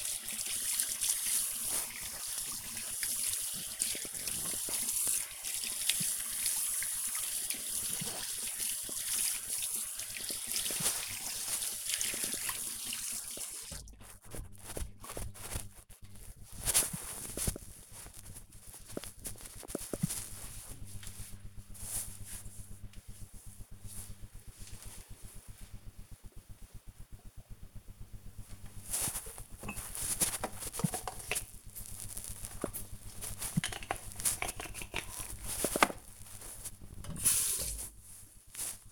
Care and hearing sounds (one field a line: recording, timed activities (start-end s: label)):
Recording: household activities, microphone on the right wrist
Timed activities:
0.00-15.68 s: washing hands
27.77-38.92 s: brushing teeth